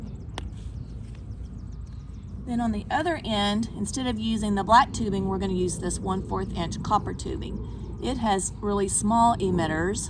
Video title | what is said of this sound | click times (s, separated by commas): Drip Irrigation Advantages and Disadvantages: 8 Advantages of Using Drip Irrigation: DIY Drip | and insert that in there until you hear it pop | 0.4 s